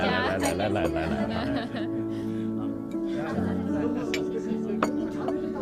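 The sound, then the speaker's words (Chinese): A few bright, sharp glass clinks ring out as banquet guests toast a man's survival of a disaster, scattered over a steady bed of chatter and sustained tonal background sound. “哎，各位，我提议啦，咱们先为马总大难不死干杯啊。”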